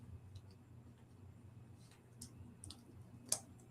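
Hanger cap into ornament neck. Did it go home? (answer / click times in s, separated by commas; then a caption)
yes / 3.3 s. An ornament cap with wire prongs is pushed by hand into the ornament's neck, without pliers, over a low steady hum. Faint ticks come at about 2.2, 2.6 and 2.7 seconds, then a sharp, much louder click at 3.3 seconds as the cap pops into place and is seated.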